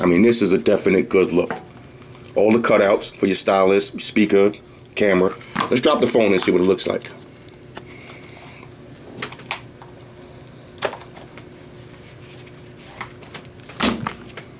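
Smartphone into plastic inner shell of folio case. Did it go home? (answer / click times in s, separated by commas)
no / none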